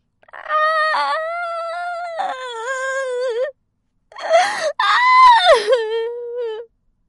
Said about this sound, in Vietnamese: Ngọc Huyên chợt gào lên, đưa tay tự đấm vào ngực mình mấy cái, sau đó y ngã gục ra sàn, thân thể lẫn nội tâm đều sụp đổ.